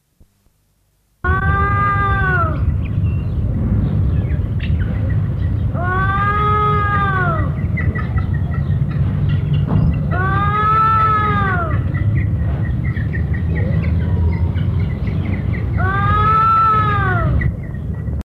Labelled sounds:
Blyth's Tragopan (Tragopan blythii) call
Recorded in captivity
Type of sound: call
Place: Zoo Frankfurt, Hessen, DE
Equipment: Halbspur, 9,5 cm/s
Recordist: Lütgens, Hans
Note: Rufe

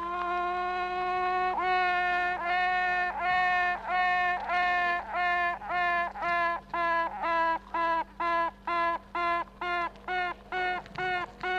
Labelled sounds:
Honey Bee (Apis mellifera)
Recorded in captivity
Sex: female
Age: imago
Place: Zoologisches Institut der HUB, Berlin, DE
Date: 1964-06-16 19:30
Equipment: BG 26/1, Grundig-Mikrofon
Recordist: Tembrock, Günter

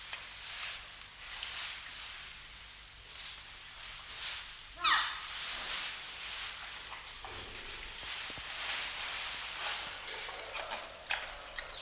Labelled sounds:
Red River Hog (Potamochoerus porcus)
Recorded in captivity
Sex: pair
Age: adult
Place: Zoo Berlin, Berlin, DE
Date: 1995-03-04 10:36
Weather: heiter bis wolkig, 1 - 5 °C
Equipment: Marantz CP 130, Sennheiser ME 80, Kopie Uher Variocord 263
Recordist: Tembrock, Günter

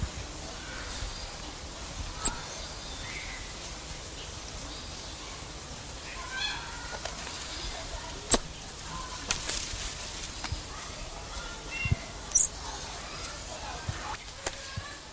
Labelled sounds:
White-faced Saki (Pithecia pithecia)
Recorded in captivity
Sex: group
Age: adult
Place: Zoo Halle, Sachsen-Anhalt, DE
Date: 2007-10-08 16:25
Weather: sonnig, 14°C
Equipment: Sony WM-D6C, Sennheiser ME 80, Kopie Uher 4000 Report Monitor
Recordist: Tembrock, Günter

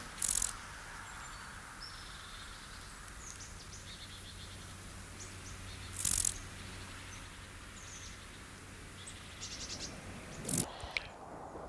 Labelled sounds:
Field Grasshopper (Chorthippus brunneus) stridulation
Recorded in the wild
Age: imago
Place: Treuchtlingen, Heumöderntal, Bayern, DE
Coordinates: 48.96, 10.91
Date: 1993-09-02 11:29
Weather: sonnig 15,1°C
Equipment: Marantz CP 430, Sennheiser MKH 416 T, Kopie Uher Variocord 263
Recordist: Tembrock, Günter

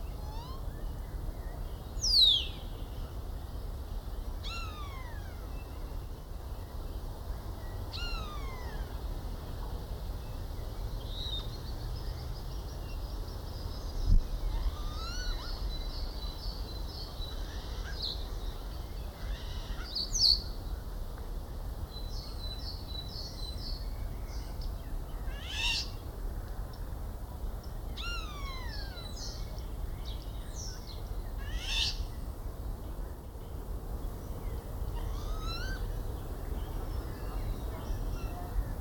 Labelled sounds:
European Starling (Sturnus vulgaris)
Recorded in the wild
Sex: male
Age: adult
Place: Schloßpark Niederschönhausen, Berlin, DE
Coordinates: 52.53, 13.41
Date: 1995-05-25 19:23
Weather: heiter, 23°C
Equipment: Marantz CP 430, Sennheiser ME 80, Kopie Uher 4000 Report Monitor
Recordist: Tembrock, Günter

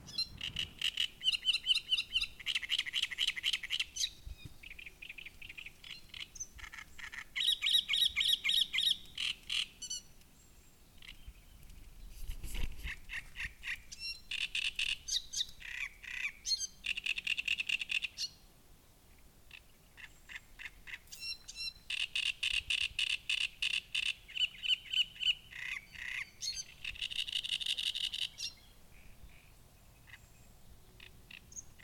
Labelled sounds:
Great Reed Warbler (Acrocephalus arundinaceus)
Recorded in the wild
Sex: male
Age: adult
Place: Müggelsee, Berlin, DE
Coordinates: 52.43, 13.64
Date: 1990-05-20
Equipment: Uher 4400 Report Monitor, Sennheiser ME 80, K 30 AV
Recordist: Fischer, Stefan

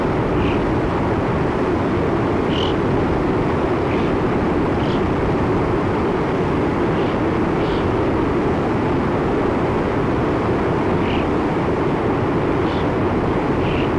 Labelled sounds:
Alpine Chough (Pyrrhocorax graculus) call
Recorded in the wild
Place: Krumltal, AT
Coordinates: 47.1081, 12.9256
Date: 1964-05-22
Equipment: Uher Report 4000, AKG D190
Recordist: Krey, Winfried

